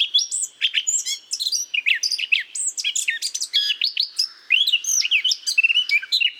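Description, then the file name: Eurasian blackcap song, a fast, continuous warble of chattering, scratchy and whistled notes with quick rising and falling slurs, running without a break. "Sylvia atricapilla"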